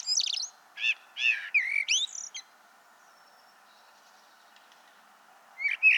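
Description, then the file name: Common blackbird gives a run of sharp, scratchy high notes, then falls silent before a final squeak, with a faint steady hum behind. "Turdus merula"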